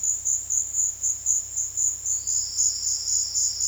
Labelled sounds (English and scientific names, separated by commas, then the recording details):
none
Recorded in dense forest near Puerto Asís, Putumayo, Colombia, on 18 February 2024 at 15:30
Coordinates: 0.485, -76.322
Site G6406